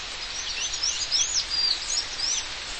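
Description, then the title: Bird singing a run of thin, high, quickly slurred whistles and chirps, partly masked by a steady hiss of background noise. "LuckyPassaro Completos2Sama"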